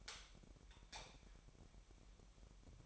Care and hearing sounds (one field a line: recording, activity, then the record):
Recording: daily activity, microphone in the room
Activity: light off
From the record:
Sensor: 1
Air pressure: 1012.0 hPa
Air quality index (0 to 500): 235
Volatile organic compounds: 6 ppm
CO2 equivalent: 1875 ppm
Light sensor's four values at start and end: 18/50/20/22 and 15/35/15/17